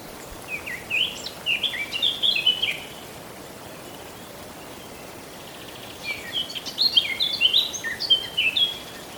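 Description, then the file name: Eurasian blackcap singing two warbled phrases of quick rising and falling whistles separated by a few seconds of quiet. "Sylvia atricapilla"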